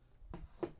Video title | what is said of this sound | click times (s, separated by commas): 05/07/25 Camera test in new setup, building my second astromech droid | Yeah, that just slides in and locks into place | 0.3 s, 0.6 s